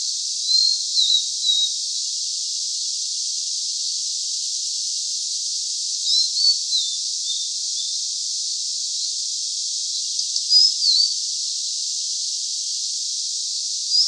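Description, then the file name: Blue-and-white flycatcher song: a few brief whistled phrases of a few notes, spaced several seconds apart, under persistent hiss. "Cyanoptila cyanomelana"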